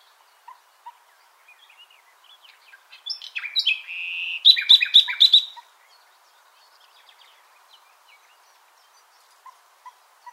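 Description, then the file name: Common nightingale song: one loud phrase of varied notes and a rapid repeated trill, with soft single ticks before and after. "Luscinia megarhynchos"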